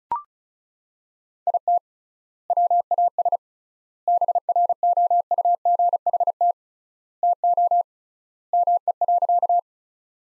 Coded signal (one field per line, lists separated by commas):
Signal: Morse code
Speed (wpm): 34 wpm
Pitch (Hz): 700 Hz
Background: none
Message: IT WAS BROUGHT TO ME.